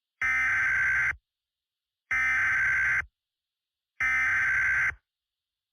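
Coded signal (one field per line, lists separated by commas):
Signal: Emergency Alert System (SAME) tones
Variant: header bursts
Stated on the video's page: EAS scenario recreation.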